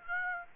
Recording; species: mosquito wingbeat signal from an infrared sensor; Aedes aegypti